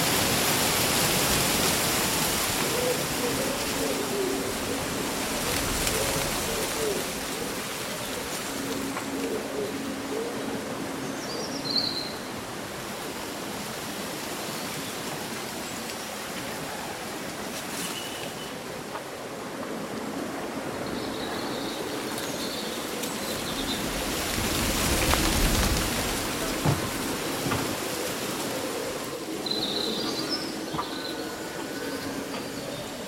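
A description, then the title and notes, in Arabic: Wind stirs through leaves in a steady, dense rustle that swells and eases, strongest around 5 and 25 seconds. Short bird chirps break through now and then, near 11, 23 and 31 seconds, above a faint low hum that comes and goes. يوم صيفي عاصف مع همس الأوراق وغناء الطيور. تخيل نفسك في مستنقع مشمس، محاطًا بأشجار مهيبة تتأرجح بلطف في نسمات الهواء اللطيفة. ترتجف الأوراق بلطف كما لو أنها تشارك الرياح أسرارًا.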